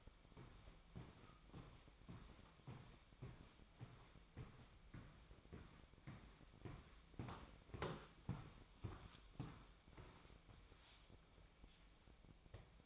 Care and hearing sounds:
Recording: daily activity, microphone in the room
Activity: walk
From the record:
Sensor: 1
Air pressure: 1001.6 hPa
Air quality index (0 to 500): 222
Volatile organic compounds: 30 ppm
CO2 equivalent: 2958 ppm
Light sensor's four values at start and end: 9/32/11/13 and 9/32/11/13

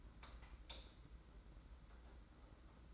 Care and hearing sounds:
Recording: daily activity, microphone in the room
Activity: light on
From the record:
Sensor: 3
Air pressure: 991.9 hPa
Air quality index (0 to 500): 219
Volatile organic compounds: 1000 ppm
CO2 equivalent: 7491 ppm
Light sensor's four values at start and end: 16/38/15/14 and 16/38/15/14

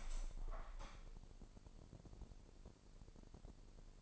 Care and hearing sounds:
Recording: daily activity, microphone in the room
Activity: open window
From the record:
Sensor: 5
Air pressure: 1000.0 hPa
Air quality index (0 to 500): 248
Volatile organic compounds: 34 ppm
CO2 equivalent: 3047 ppm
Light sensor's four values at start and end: 34/80/32/30 and 35/80/32/30

